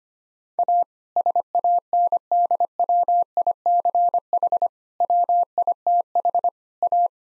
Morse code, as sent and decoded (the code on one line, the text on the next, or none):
.- / ... .- -. -.. .-- .. -.-. .... / .-- .. - .... / .-
A SANDWICH WITH A